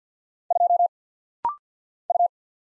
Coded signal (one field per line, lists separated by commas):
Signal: Morse code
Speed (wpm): 50 wpm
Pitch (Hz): 700 Hz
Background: none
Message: 2 U